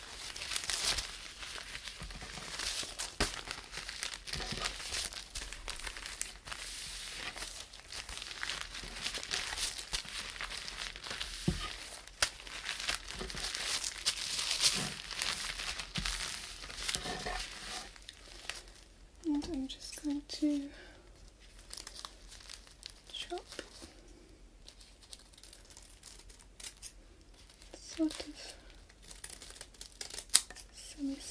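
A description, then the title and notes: ASMR crinkles: dense, bright crackling and rustling fills the first eighteen seconds with frequent sharp snaps. After that the crinkling thins into sparser, softer bursts, and a few short voiced sounds, like quiet murmurs or speech, appear between them. ASMR Crinkles all the way.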